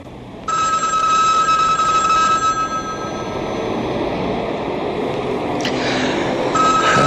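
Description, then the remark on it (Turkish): A telephone bell rings with a bright, sustained metallic tone for a couple of seconds, fades, then rings again near the end over a steady background rumble. “Bu sefer de telefon çalıyor.”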